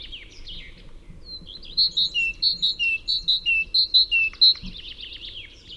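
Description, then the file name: Great tit song: a steady series of repeated phrases, high notes then a lower one, repeated several times, with softer twittering before and after. "Parus major"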